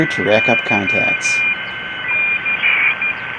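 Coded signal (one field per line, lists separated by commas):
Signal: Morse code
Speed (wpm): 13 wpm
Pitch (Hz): 2400 Hz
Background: speech, radio noise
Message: Y 6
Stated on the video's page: Field Day 2020 contest operated from home, class E, on battery emergency power from a portable backyard station.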